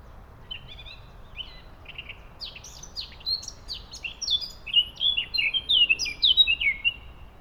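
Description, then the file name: Eurasian blackcap song, beginning as soft chattering twitters and breaking into a loud, rapid run of clear, flute-like whistles. "Sylvia atricapilla"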